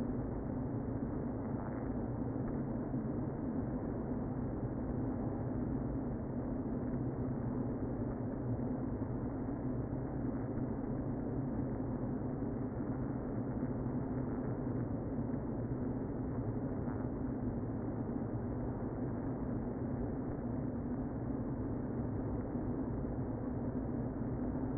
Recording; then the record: honeybee colony, microphone inside the hive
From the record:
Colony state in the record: queen present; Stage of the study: before two queens were removed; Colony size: about 60,000 bees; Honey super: yes